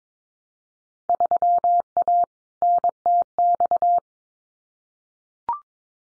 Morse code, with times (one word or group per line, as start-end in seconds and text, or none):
1.1-2.2 3A
2.6-4.0 NTX